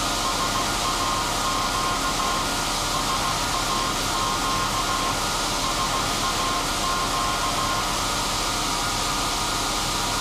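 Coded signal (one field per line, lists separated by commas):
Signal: Morse code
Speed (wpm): 16 wpm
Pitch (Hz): 1060 Hz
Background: none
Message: SAQ SAQ SAQ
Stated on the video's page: SAQ Grimeton Alexanderson alternator, electro-mechanical 200 kW transmitter on 17200 Hz, from a 1.6 m disc with 488 cut-outs spinning at 2115 rpm.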